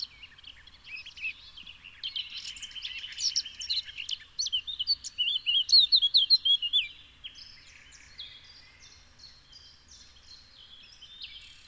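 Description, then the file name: Eurasian blackcap giving a soft, scratchy chatter that builds into a louder warble with fluty notes, then fades into quieter twittering. "Sylvia atricapilla"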